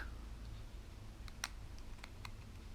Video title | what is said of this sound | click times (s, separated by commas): How to replace galaxy s2 watch rear glass | hear it click okay | 1.4 s